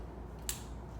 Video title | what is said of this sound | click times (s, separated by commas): KAATSU Putting on the Leg Bands for the First Time | so what you do is you take that same thing where you push in there wiggle it around click | 0.5 s